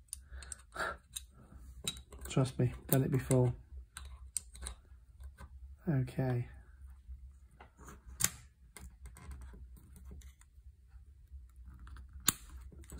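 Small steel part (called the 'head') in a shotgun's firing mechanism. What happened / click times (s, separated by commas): Small metal parts handled, nothing clearly seated yet / none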